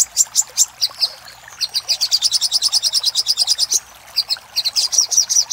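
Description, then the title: Little spiderhunter singing a quick series of thin, high chips, first spaced, then a rapid even run, then scattered notes again. Master recording used to train caged birds; local Indonesian name Sogok Ontong. "Masteran Burung Sogok Ontong Labaik"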